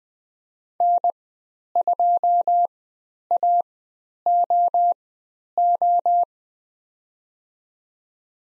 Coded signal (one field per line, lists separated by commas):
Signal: Morse code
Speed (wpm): 20 wpm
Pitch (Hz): 700 Hz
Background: none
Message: N2AOO